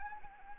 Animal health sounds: mosquito wingbeat signal from an infrared sensor; Anopheles arabiensis

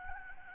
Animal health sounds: mosquito wingbeat signal from an infrared sensor; Aedes albopictus

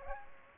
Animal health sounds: mosquito wingbeat signal from an infrared sensor; Aedes aegypti

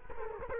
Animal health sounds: mosquito wingbeat signal from an infrared sensor; Culex quinquefasciatus

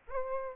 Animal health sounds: mosquito wingbeat signal from an infrared sensor; Aedes albopictus

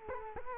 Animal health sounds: mosquito wingbeat signal from an infrared sensor; Culex quinquefasciatus

